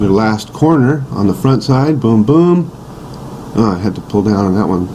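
A man talks while handling the last front corner plastic wall panel of a Lifetime 10' x 8' outdoor storage shed (model 60005), pulling it down hard so its plugs will go into the shed floor base. Steady low room noise fills the brief pause in his speech. Nothing has seated or clicked yet.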